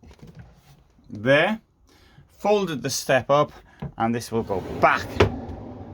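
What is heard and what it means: Someone talks while handling the folding entry step of a Frankia Platin i7900 motorhome, with the step folded up and the step cover panel about to go back into its recess in the motorhome floor. Faint handling knocks sound under the talk, but nothing has seated or clicked into place yet.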